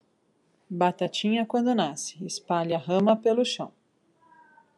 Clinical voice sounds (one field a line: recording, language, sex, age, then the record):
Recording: short text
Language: Brazilian Portuguese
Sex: female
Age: 40 to 49 years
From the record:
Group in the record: control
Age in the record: 41 years